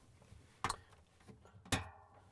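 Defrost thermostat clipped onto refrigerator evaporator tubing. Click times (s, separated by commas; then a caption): 0.6 s, 1.7 s. The plastic clip of a new Samsung DA47-00243K defrost thermostat is pressed onto the refrigerator evaporator's metal tubing, into the lower set of holes the old one used. Two sharp snaps ring out at 0.6 s and 1.7 s against a quiet background. The clip seats on the tubing.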